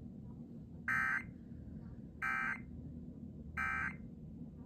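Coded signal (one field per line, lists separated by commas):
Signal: Emergency Alert System (SAME) tones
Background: speech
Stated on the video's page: Flash flood warning for the Houston, Texas area from NWS League City, received via WJON IP radio.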